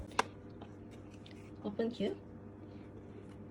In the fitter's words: Fix them into the correct position, and then push until you listen the click sound.